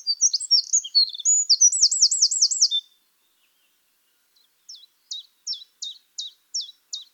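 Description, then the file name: Eurasian wren delivering a quick, high, jumbled song with a rippling trill, ending after three seconds; after a pause come sharp ticking calls repeated about every 0.4 seconds. "Troglodytes troglodytes"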